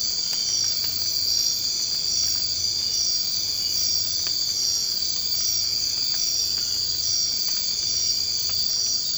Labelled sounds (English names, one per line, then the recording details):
none
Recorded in secondary vegetation near Puerto Asís, Putumayo, Colombia, on 24 March 2025 at 01:00
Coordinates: 0.502, -76.326
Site G100